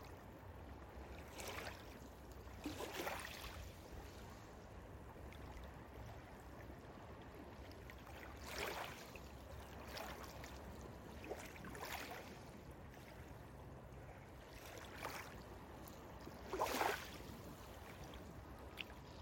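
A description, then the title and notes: Waves wash in a sheltered cove over a low steady rumble, with soft splashes breaking at irregular intervals, strongest near the end. A sheltered cove where we can watch the waves in peace.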